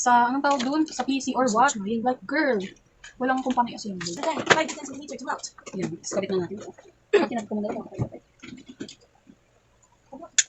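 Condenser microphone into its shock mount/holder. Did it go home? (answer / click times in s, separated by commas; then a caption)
yes / 10.4 s. A BM800 condenser microphone is attached into its shock mount/holder while someone talks, followed by a few faint handling ticks. A sharp, loud snap at 10.4 s marks the mic clicking into place, seated.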